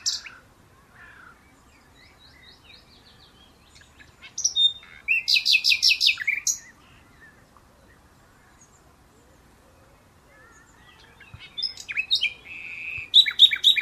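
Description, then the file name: Common nightingale song: soft whistled notes, then a loud burst of rapid repeated chips, a long silence, and a final varied phrase of sharp notes. "Luscinia megarhynchos"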